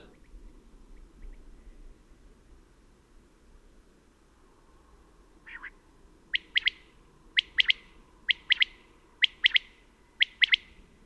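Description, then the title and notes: Common quail song: a loud, clipped three-note phrase repeated about once a second, several times in a row, after a few faint preliminary notes, against steady low hiss. Col Bayard above Gap, where still common; sings actively at daybreak, around 5:00 in the morning. "la Caille des blés (Coturnix coturnix)encore commune au col bayard au-dessus de Gap"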